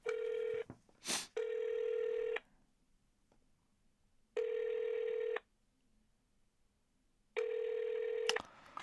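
A phone call being placed: a brief burst of dialing tone, then a steady ringback tone repeating four times, each buzzy ring lasting about a second with roughly two seconds of quiet between; the call goes unanswered.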